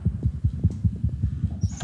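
Very fast, regular low thumps, roughly five per second: the heart of a young white-nosed coati racing because the animal is very excited, picked up with a digital stethoscope linked to a smartphone and played aloud through a loudspeaker.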